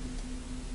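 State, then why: Not seated. A carbon brush retaining clip is being handled at a hair clipper motor housing after the spring and carbon brush have been placed. Only a steady broadband hiss with a low, constant hum is heard, with no sharp sounds. Nothing has seated or clicked yet.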